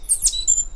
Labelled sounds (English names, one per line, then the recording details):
Stitchbird song
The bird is a male
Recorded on Tiritiri Matangi Island, New Zealand, in 2005
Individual 7, of nest box 9